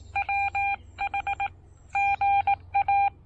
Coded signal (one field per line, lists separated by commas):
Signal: Morse code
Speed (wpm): 18 wpm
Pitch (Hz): 800 Hz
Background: none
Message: WH GA